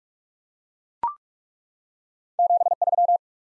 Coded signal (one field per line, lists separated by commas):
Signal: Morse code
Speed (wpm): 42 wpm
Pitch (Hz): 700 Hz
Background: none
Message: 73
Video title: Top 20 QSO Elements 45wpm